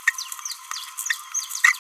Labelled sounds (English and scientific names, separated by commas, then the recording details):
Green-rumped Parrotlet (Forpus passerinus) babbling
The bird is a male
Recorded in a nest box in Venezuela
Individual 17B31A1